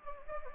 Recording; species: mosquito wingbeat signal from an infrared sensor; Anopheles gambiae